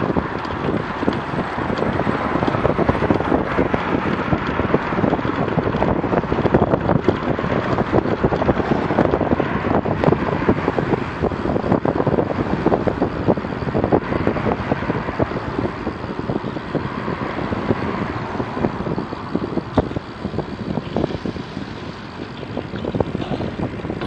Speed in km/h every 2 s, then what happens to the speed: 30, 31, 33, 32, 30, 29, 29, 27, 25, 21, 20, 22.
0-13 steady at about 30. 13-19 slows to 20.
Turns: 18-21.